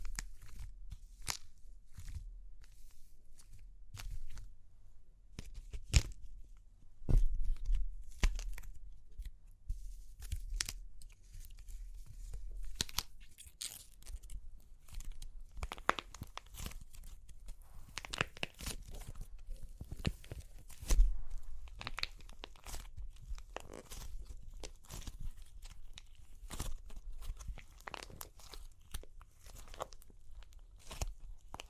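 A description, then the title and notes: Dry, crunchy clay cracking, heard as a dense run of short snaps and crackles that sound crisp and bright. The cracks come irregularly throughout, thinner and sparser early on and thicker after about 15 seconds. A few louder breaks stand out near 7 and 21 seconds. Super Crunchy Clay Cracking (No Talking).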